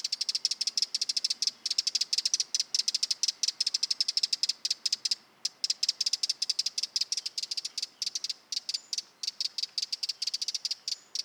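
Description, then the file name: Eurasian wren giving a long run of dry, ticking calls, rapid and unbroken for most with brief pauses, sharp and high. "Troglodytes troglodytes"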